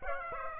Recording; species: mosquito wingbeat signal from an infrared sensor; Aedes aegypti